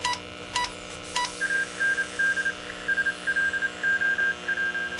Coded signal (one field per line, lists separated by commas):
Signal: Morse code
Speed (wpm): 27 wpm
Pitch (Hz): 1600 Hz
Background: none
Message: AND SLOW